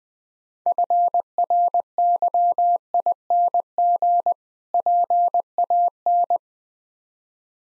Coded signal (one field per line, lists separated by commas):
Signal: Morse code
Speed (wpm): 20 wpm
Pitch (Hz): 700 Hz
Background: none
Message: FRYING PAN